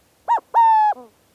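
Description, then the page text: Burrowing Owl giving one two-part call: a brief hoot, then a longer steady coo ending in a soft drop. Owls nesting underground in colonies, often in old prairie dog or ground squirrel burrows on western rangelands; active by day. "Burrowing Owls: Howdy Birds. BirdNote. Chirp Nature Center"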